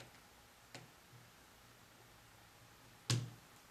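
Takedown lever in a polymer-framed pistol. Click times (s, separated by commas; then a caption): 3.1 s. The metal takedown lever of a Beretta PX4 Storm, a polymer-framed pistol, is pulled outward and clicks into its held-out detent position at 3.1 s instead of coming fully off. A fainter tick is heard earlier at 0.7 s. The lever is released and stays held out.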